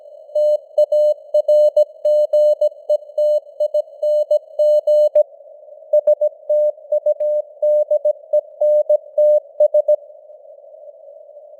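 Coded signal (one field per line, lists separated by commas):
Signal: Morse code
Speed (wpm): 17 wpm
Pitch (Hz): 600 Hz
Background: none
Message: TARGETING STUDENTS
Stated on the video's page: News headlines in Morse at 17 wpm with simulated radio noise and varying signal strength (QSB).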